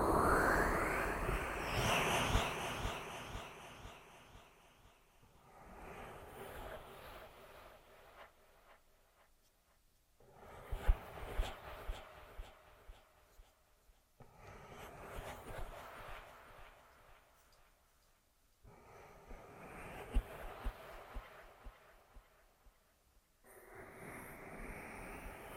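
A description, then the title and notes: Ear massage sounds: dense, crackling rubbing and brushing strokes that swell and fade in long passes. The opening stretch is loudest, then the rubbing returns in separate bouts of about four seconds each, with brief near-silent gaps between them. ASMR Echoed Triggers. Ear Massage.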